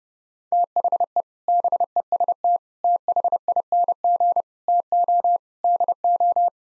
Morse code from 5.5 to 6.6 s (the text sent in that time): DO